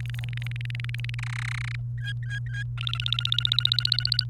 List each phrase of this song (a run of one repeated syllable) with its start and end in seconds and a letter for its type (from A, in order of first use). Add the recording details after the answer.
0.00-1.15 A, 1.19-1.75 B, 1.98-2.63 C, 2.78-4.24 D. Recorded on 29 April 2018 at 14:48. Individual llb3